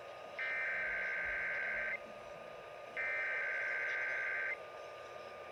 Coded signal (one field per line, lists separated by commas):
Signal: Emergency Alert System (SAME) tones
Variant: header bursts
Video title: EAS Required Weekly Test On KDKA 1020 AM 3/7/21 (EAS #351)